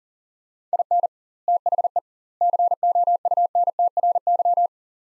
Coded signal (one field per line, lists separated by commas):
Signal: Morse code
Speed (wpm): 40 wpm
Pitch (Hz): 700 Hz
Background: none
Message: IN THE COUNTRY